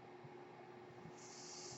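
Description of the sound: Steady low mechanical hum, then a soft airy hiss rising midway: background noise of a home mechanical ventilator.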